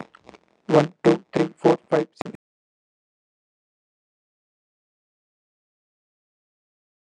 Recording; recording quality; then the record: counting at a fast pace; poor, much background noise or distortion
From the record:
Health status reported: healthy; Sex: male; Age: 33 years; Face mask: not worn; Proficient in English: yes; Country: India